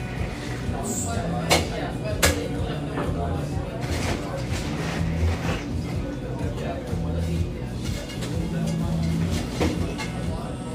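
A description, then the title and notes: A busy café with steady overlapping conversation filling the whole clip. Short bright clinks and knocks of cups or utensils cut through at irregular moments, especially near 1.5 and 2.2 seconds, over a low continuous murmur with faint steady tones underneath. Tucked near the lush, wooded Laurelhurst Park in east Portland, this café sports vibrant music and an erudite, professional clientele.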